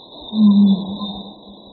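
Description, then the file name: Lesula boom: one deep, steady low hum lasting under half a second, rising out of quiet background hiss. "Cercopithecus lomamiensis booms"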